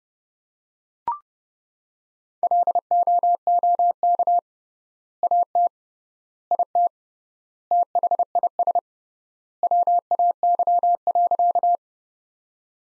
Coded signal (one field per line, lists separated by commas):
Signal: Morse code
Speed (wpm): 30 wpm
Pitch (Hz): 700 Hz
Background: none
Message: LOOK AT IT THIS WAY.